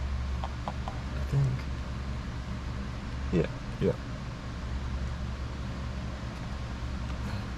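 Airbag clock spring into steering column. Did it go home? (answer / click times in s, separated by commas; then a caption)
no / none. On a 2007 Dodge Nitro, the plastic airbag clock spring assembly or its connectors are pressed into place in the steering column during a clock spring replacement, with faint light ticks near 0.4, 0.7 and 0.9 seconds over a steady low hum while someone talks. Nothing has seated or clicked yet; the clock spring fails to click in.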